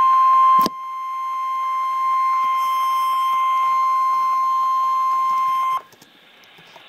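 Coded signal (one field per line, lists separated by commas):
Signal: Emergency Alert System (SAME) tones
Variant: 1050 Hz attention tone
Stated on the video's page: Real EAS Child Abduction Emergency alert for all of Wyoming.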